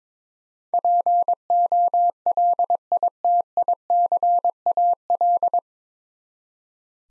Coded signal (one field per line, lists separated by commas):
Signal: Morse code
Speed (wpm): 22 wpm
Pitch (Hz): 700 Hz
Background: none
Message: POLITICAL